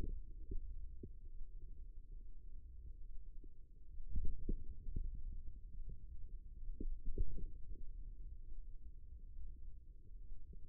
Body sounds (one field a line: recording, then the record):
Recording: forearm muscle sounds (acoustic myography)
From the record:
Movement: ulnar deviation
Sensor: system 2, bracelet of six BSWA MPA416 microphones around the upper forearm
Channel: 3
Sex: male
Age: 22 years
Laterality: right